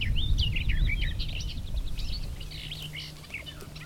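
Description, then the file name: Garden warbler song, a fast, rich warbling stream of fluty notes, with rumbling low background noise throughout. "lehtokerttu"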